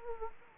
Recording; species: mosquito wingbeat signal from an infrared sensor; Anopheles gambiae